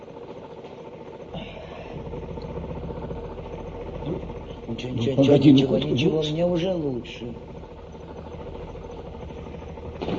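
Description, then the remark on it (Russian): A ChTZ tractor engine idles with a steady, low, droning rumble throughout, while a person speaks briefly over it in the middle. “трактор ЧТЗ в вашем распоряжении.”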